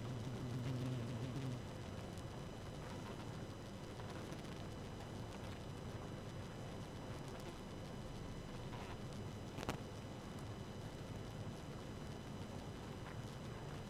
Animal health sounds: honeybee colony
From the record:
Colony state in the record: active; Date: 12 June 2018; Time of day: 1:06

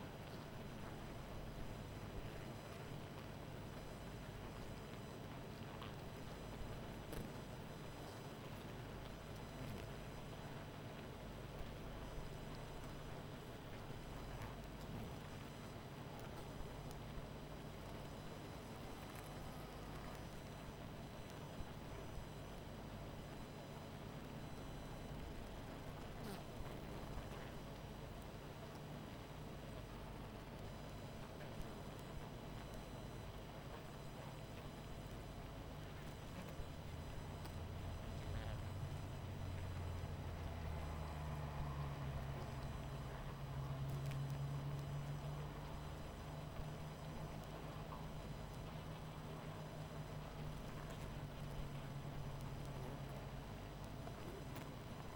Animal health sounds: honeybee colony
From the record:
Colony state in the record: missing queen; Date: 14 July 2017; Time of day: 22:03

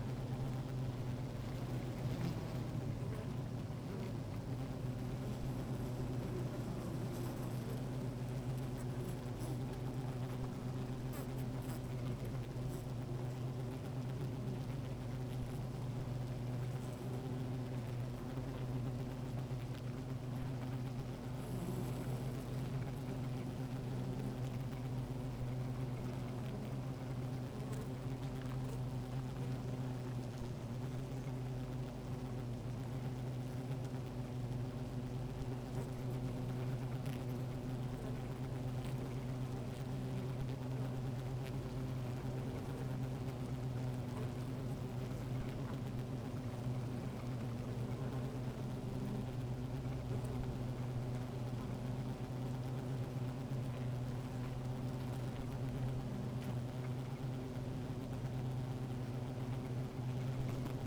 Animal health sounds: honeybee colony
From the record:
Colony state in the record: active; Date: 28 July 2017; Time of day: 16:10

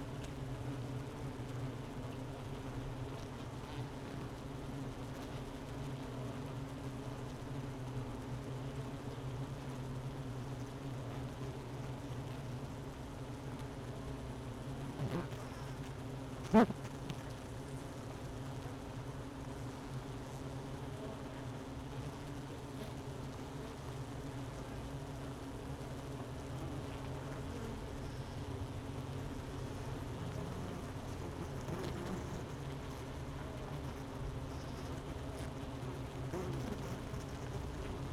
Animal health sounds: honeybee colony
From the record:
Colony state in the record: missing queen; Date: 31 May 2018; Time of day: 10:50

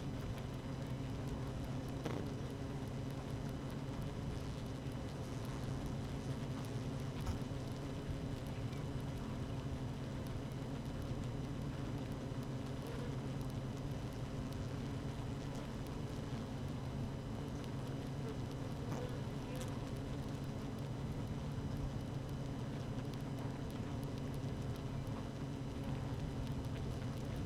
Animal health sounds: honeybee colony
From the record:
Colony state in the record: active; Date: 12 June 2018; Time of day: 13:39

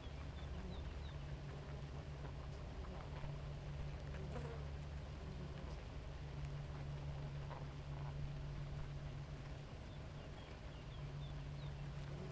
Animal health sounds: honeybee colony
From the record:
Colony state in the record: active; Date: 28 July 2017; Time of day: 4:38

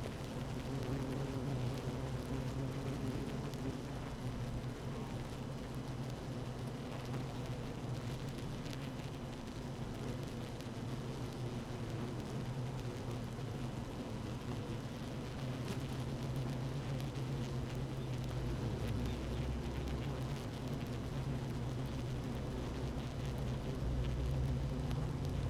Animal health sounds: honeybee colony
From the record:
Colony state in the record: active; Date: 12 June 2018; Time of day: 15:24

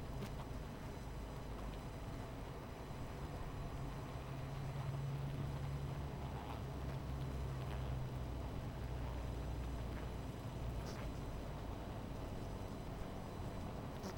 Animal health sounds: honeybee colony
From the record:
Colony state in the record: missing queen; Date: 14 July 2017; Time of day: 17:27

